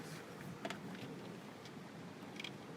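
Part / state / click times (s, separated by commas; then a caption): spark plug wire boot onto spark plug terminal / seated / 2.4 s. A new spark plug wire boot is pushed at an angle onto a hard-to-reach spark plug on a Cutlass, with faint handling noise and a couple of short knocks around 0.7 s. Two sharp clicks at 2.4 s and 2.5 s mark the boot snapping onto the plug terminal, and it is seated.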